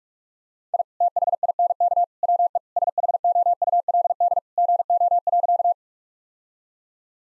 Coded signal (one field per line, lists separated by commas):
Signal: Morse code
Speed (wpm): 46 wpm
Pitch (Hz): 700 Hz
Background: none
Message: I THINK WE SHOULD GO.